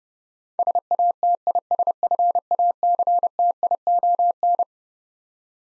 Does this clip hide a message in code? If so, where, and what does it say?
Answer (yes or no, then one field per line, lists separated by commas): yes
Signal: Morse code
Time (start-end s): 0.6-4.6 s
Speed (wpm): 30 wpm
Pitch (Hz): 700 Hz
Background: none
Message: SATISFACTION